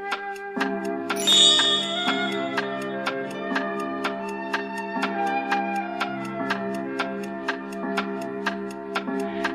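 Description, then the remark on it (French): A clock ticks in a steady, even rhythm while bright chimes ring over it as it strikes eleven o'clock, starting with a sharp ding and followed by sustained tonal notes. No voices are heard. “À 11 heures, des jeunes filles et des adolescents sortirent de l'horloge en dansant.”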